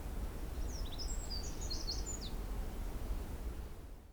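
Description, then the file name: Eurasian blackcap, a quick run of high, scratchy warbled notes lasting about two seconds, over a steady low rumble of background noise. "Sylvia atricapilla"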